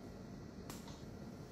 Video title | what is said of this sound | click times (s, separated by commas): Handling and care for Olympus TUR instruments | and you hear a click | 0.7 s